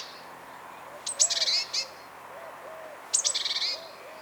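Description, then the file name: Great tit making two rattling, buzzy churr calls about two seconds apart, over faint low rounded notes. "Parus major"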